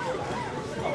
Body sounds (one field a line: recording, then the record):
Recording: coughing mixed with background sound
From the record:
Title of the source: Mid-morning Winter Coughing Fit